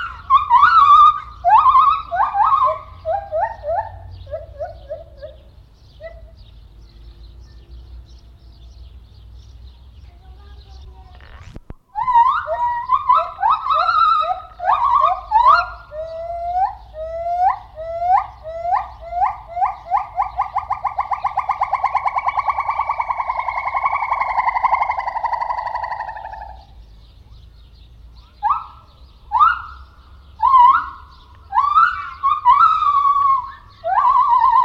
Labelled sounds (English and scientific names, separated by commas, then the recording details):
Silvery Javan Gibbon (Hylobates moloch)
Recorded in captivity
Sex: diverse
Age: adult
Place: Zoo Rostock, Mecklenburg-Vorpommern, DE
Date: 1970-06-03 11:50
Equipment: Uher 4200 Report Stereo, Sennheiser MD 421
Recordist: Tembrock, Günter